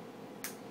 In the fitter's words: I heard it snap.